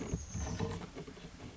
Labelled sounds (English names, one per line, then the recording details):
Chestnut-backed Chickadee
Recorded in Sonoma County, California